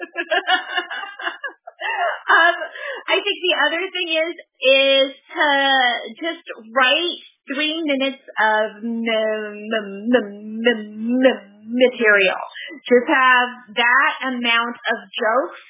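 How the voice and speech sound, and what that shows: An adult woman who stutters speaks with stretched sounds, a pause and a repeated "m" before "material", typical of stuttering.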